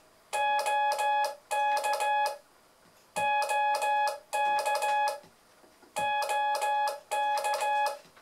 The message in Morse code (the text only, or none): OK OK OK